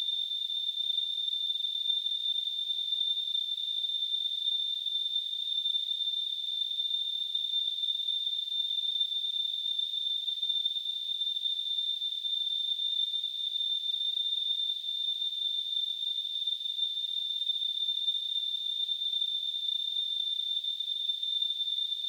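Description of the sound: A steady, unbroken high-pitched whistle near 3.5 kHz, with faint hiss underneath, holds for the full 22 seconds. It is a simulated tinnitus sound, imitating the ringing a person hears with no outside source.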